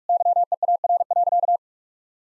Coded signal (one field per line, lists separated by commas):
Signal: Morse code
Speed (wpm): 47 wpm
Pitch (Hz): 700 Hz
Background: none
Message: YEAR.